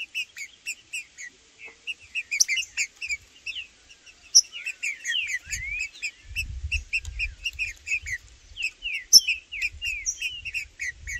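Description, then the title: Green-winged saltator song: slurred whistles mixed into a dense chorus of rapid high chirps, with low rumbling noise in the second half. In the bush, calling, singing and performing male display (macheando) in competition with a free wild bird; birds named Blindado and Tufão. "TRINCA Piando, Cantando E Macheando Na DISPUTA. Trinca Ferro no MATO Cantando e Macheando muito com Solto! Blindado e Tufão no mato"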